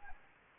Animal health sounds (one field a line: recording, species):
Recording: mosquito wingbeat signal from an infrared sensor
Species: Anopheles arabiensis